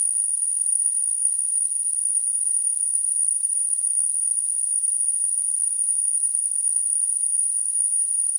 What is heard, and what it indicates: Tinnitus.